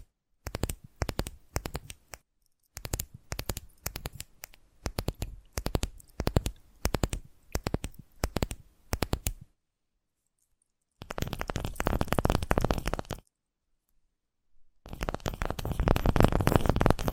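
Tapping in quick clustered bursts for about nine seconds, then two dense stretches of fast scratching, separated by short silences.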